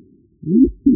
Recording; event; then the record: neck accelerometer signal played as sound; no cough (speech, laughter, throat clearing or background)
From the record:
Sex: male